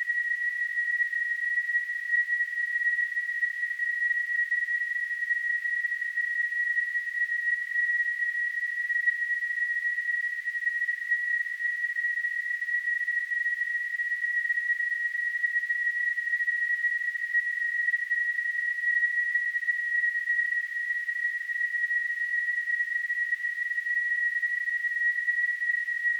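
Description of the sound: Simulated tinnitus: a steady, continuous high-pitched tone near 2 kHz that holds unchanged throughout, with a faint hiss above it.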